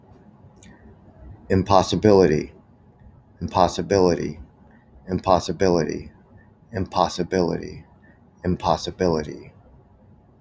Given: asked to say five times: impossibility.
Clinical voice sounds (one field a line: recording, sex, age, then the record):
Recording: repeated word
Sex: male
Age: 50 to 59 years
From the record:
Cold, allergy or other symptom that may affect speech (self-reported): no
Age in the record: 54 years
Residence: New York, United States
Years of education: 18